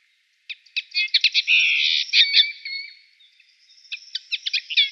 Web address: Schulze Peter Eurasian Linnet song